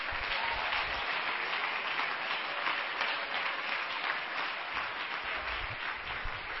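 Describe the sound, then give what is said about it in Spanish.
An audience at a church sermon applauds for Christ, "the King": a dense, even wash of many hands clapping at once that stays loud and unbroken for several seconds, with no talking over it. “Entonces, si Cristo, mire, dele palmas al Rey.”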